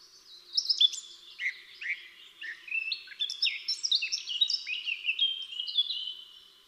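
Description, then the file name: Eurasian blackcap song: a continuous bubbling warble of varied quick notes. "Sylvia atricapilla"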